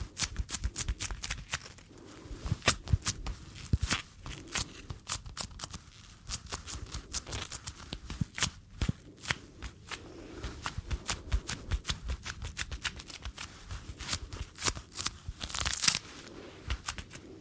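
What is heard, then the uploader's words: Crisp crinkling and snapping of gloves fills the whole recording, with sharp clicks arriving in quick irregular bursts several times a second. A brief brighter rustle stands out near the end, while a faint low murmur sits underneath. ASMR - Super Tingly Glove Sounds - Latex Gloves, Cleaning Gloves, No Talking.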